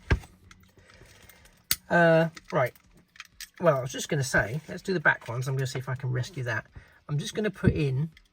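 Small plastic projectiles are handled near the rear launchers of a die-cast FAB 1 model car, to be loaded one on each side, with a few short sharp handling taps, the loudest near 0.1 and 1.7 seconds. Someone talks through most of the clip. Nothing has seated or clicked into the launchers yet.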